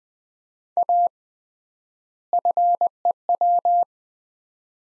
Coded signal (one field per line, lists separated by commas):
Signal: Morse code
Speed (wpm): 20 wpm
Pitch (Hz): 700 Hz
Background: none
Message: A FEW